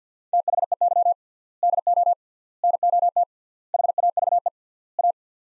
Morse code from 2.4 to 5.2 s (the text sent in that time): NOT HAVE A